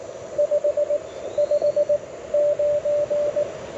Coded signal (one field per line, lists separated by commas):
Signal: Morse code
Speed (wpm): 20 wpm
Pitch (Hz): 590 Hz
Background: radio noise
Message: 559